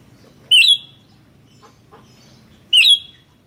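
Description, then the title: Sooty-headed bulbul giving two loud, clear whistled notes about two seconds apart, each slightly rising and bending. "kutilang"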